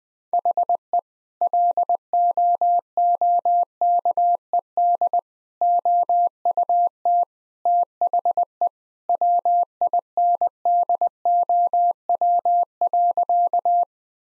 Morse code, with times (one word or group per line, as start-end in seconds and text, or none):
0.3-1.0 HE
1.4-5.2 LOOKED
5.6-7.2 OUT
7.7-8.7 THE
9.1-13.8 WINDOW.